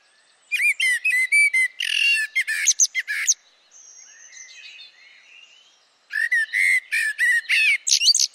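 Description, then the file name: Eurasian blackbird giving a dense phrase of whistled notes and shrill squeaks, soft warbling in the pause, then another lively whistled phrase. "Turdus merula"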